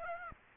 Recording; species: mosquito wingbeat signal from an infrared sensor; Aedes aegypti